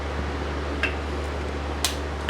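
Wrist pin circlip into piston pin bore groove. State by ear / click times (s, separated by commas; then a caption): seated / 2.3 s. A spring-steel wrist pin circlip is pushed into its groove in the pin bore of an aluminum piston during a VW air-cooled engine rebuild. Over a steady low hum, small sharp ticks come at 0.8 and 1.9 seconds. The circlip snaps and seats in its groove at 2.3 seconds.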